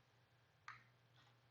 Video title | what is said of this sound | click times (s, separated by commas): How To Replace A MAP Sensor - Fiero GT (Andy’s Garage: Episode - 329) | There it was, clicked, locked in place. | 0.7 s